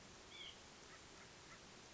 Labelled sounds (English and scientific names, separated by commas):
White-breasted Nuthatch (Sitta carolinensis)